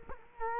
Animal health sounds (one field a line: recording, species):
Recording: mosquito wingbeat signal from an infrared sensor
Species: Culex quinquefasciatus